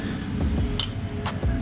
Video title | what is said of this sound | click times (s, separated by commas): RZR XP1000 Suspension upgrade!! | hear it click and then | 0.8 s